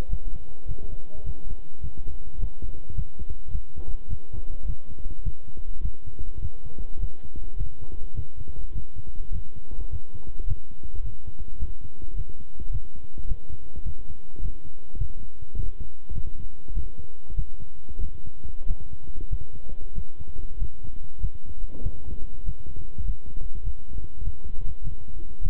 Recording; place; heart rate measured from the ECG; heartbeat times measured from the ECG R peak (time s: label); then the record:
heart sounds by stethoscope; between the tricuspid and mitral areas; 102 bpm
0.09 s: heartbeat
0.66 s: heartbeat
1.24 s: heartbeat
1.81 s: heartbeat
2.38 s: heartbeat
2.94 s: heartbeat
3.51 s: heartbeat
4.08 s: heartbeat
4.65 s: heartbeat
5.22 s: heartbeat
5.81 s: heartbeat
6.40 s: heartbeat
6.98 s: heartbeat
7.56 s: heartbeat
8.14 s: heartbeat
8.72 s: heartbeat
9.31 s: heartbeat
9.90 s: heartbeat
10.46 s: heartbeat
11.02 s: heartbeat
11.58 s: heartbeat
12.15 s: heartbeat
12.70 s: heartbeat
13.27 s: heartbeat
13.84 s: heartbeat
14.40 s: heartbeat
14.97 s: heartbeat
15.54 s: heartbeat
16.13 s: heartbeat
16.72 s: heartbeat
17.34 s: heartbeat
17.99 s: heartbeat
18.66 s: heartbeat
19.28 s: heartbeat
19.93 s: heartbeat
20.57 s: heartbeat
21.19 s: heartbeat
21.81 s: heartbeat
22.44 s: heartbeat
23.04 s: heartbeat
23.62 s: heartbeat
24.22 s: heartbeat
24.82 s: heartbeat
25.41 s: heartbeat
From the record:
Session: walking at 3.7 km/h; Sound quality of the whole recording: good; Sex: male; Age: 26 years